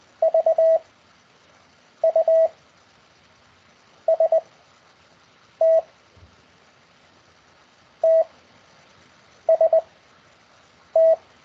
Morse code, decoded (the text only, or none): V U S T T S T